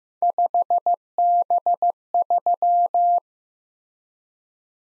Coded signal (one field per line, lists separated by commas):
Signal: Morse code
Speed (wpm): 18 wpm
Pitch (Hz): 700 Hz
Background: none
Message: 5B3